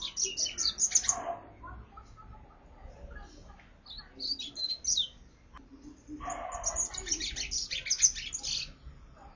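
Double-collared seedeater singing in fast, buzzy twittering phrases, three main bursts of high chirps separated by short pauses, with a low background hum.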